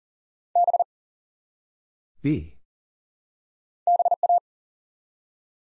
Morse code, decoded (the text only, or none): B BA